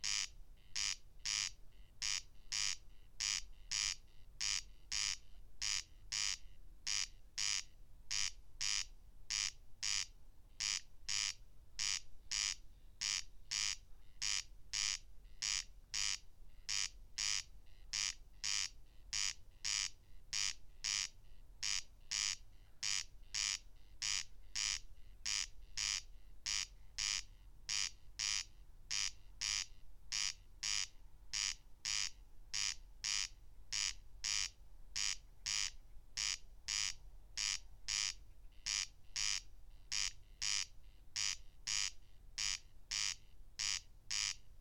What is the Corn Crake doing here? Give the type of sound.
song